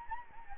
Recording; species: mosquito wingbeat signal from an infrared sensor; Anopheles gambiae